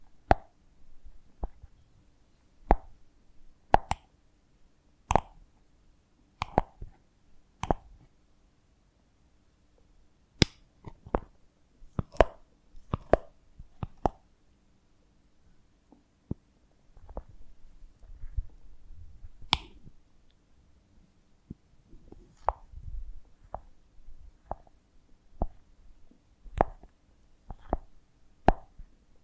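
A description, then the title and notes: Crisp, sharp taps and sticky little pops from a honeycomb on a branch, falling one at a time at an uneven pace of about one or two per second. Between them it's nearly silent, apart from soft low rustling and handling sounds, mostly in the middle stretch. ASMR of a Honeycomb on Branch (No Talking).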